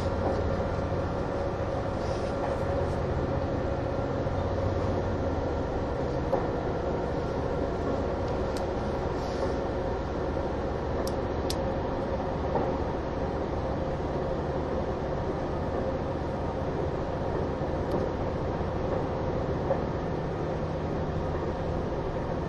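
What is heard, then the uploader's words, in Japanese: A steady low rumble and hum from a train's engine and motor fill the green car, with a constant mid tone running through the whole stretch. Loudness barely changes. Faint brief clicks and ticks surface now and then, including a sharp one around eleven seconds. HC85系 ひだ01号(グリーン車)。名古屋～高山。グリーン車の静粛な空間ながらエンジン音とモーター音のバランスが抜群で。列車走行音。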